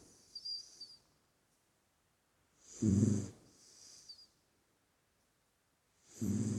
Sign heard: Dog Snoring.